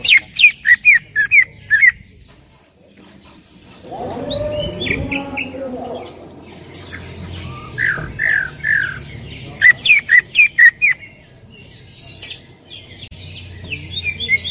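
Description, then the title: Greater green leafbird chattering in quick bursts of sharp slurred notes, with a lower, broad sound in the middle, then another fast burst of calls. Female calling to a male, described as very actively and excitedly vocal. "CUCAK IJO BETINA GACOR HIPER MEMANGGIL JANTAN"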